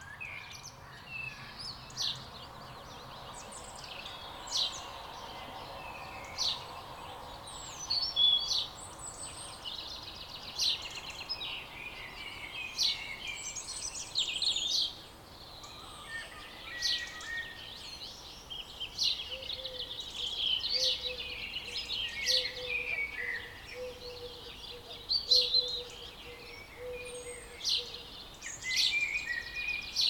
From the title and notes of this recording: A dreamy dawn chorus in a remote Scottish valley. We’re near Loch Maree in western Scotland. The lilts of Scotland’s avian world pour in through the open windows. Recorded by Daniel Graham.